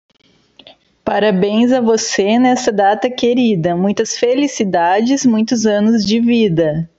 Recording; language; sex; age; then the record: short text; Brazilian Portuguese; female; 30 to 39 years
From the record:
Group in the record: control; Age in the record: 37 years